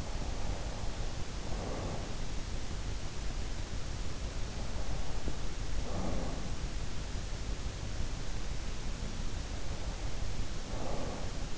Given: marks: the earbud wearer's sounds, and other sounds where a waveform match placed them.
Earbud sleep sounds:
sounds in sleep by an in-ear microphone; breath
0.00-2.26 s: breath
4.60-6.65 s: breath
9.28-11.58 s: breath

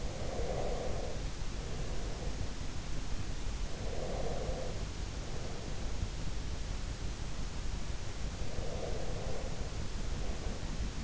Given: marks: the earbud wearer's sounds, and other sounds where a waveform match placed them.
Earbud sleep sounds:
sounds in sleep by an in-ear microphone; breath
0.00-2.53 s: breath
3.57-6.17 s: breath
8.38-11.04 s: breath

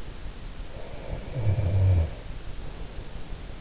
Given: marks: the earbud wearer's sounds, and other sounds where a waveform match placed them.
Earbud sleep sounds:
sounds in sleep by an in-ear microphone; snoring breath
0.95-3.47 s: snoring breath

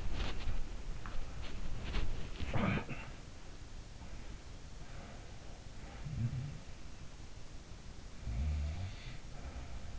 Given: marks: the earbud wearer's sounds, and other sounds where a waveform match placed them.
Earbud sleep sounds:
sounds in sleep by an in-ear microphone; body movement
0.00-3.28 s: body movement
2.16-4.57 s: sound from someone else or the room
4.80-6.71 s: sound from someone else or the room
8.23-9.99 s: sound from someone else or the room

